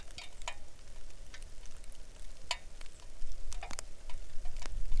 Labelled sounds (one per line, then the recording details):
songbird
wind
rain
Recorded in the Arctic National Wildlife Refuge, Alaska, on 3 August 2019 at 09:46
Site 41